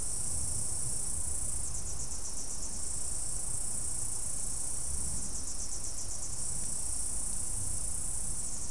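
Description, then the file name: Insect calling, a continuous high shrill band with faint pulsing texture throughout, over a steady low rumble. "mainly insect"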